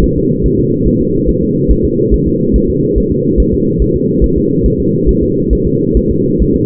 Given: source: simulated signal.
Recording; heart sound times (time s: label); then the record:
fetal heart sounds
0.04 s: S1
0.18 s: S2
0.46 s: S1
0.59 s: S2
0.88 s: S1
1.01 s: S2
1.29 s: S1
1.43 s: S2
1.72 s: S1
1.85 s: S2
2.14 s: S1
2.28 s: S2
2.56 s: S1
2.70 s: S2
2.98 s: S1
3.12 s: S2
3.40 s: S1
3.54 s: S2
3.82 s: S1
3.96 s: S2
4.24 s: S1
4.38 s: S2
4.66 s: S1
4.80 s: S2
5.09 s: S1
5.23 s: S2
5.53 s: S1
5.67 s: S2
5.97 s: S1
6.11 s: S2
6.42 s: S1
6.56 s: S2
From the record:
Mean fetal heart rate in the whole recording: 140 bpm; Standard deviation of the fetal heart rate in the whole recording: 2 bpm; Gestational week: 34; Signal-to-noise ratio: -11.2 dB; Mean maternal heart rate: 72 bpm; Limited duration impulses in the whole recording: present